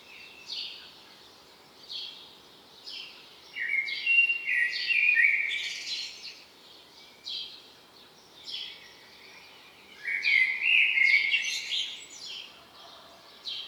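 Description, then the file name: Common blackbird song: two louder fluted phrases mixed with higher squeaky twitters, separated by quieter twittering bursts, soft hiss in the background. "Turdus merula"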